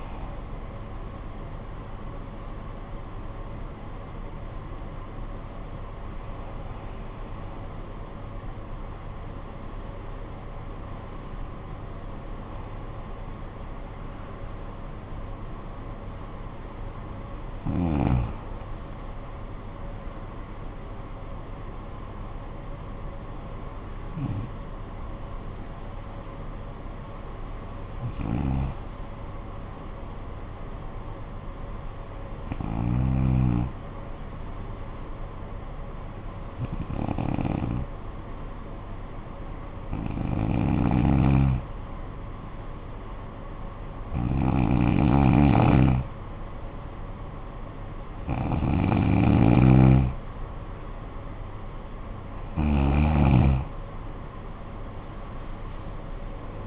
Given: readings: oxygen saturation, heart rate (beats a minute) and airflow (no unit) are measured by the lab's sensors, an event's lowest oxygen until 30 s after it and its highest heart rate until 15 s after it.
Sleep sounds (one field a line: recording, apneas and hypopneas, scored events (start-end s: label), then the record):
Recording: breathing in sleep by a smartphone at the bedside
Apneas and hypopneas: 1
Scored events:
6.00-51.70 s: hypopnea (N1, oxygen 97% highest, then 91% lowest, heart rate 51 at the start, 68 highest)
26.00-56.67 s: new sleep stage, N2 (light sleep)
From the record:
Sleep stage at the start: N1 (lightest sleep)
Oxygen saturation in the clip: 91 to 97%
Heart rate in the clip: 50 to 60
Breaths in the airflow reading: 12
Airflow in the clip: -10.3 to 11.3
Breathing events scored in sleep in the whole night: 445 in 7.6 hours asleep